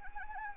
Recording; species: mosquito wingbeat signal from an infrared sensor; Anopheles arabiensis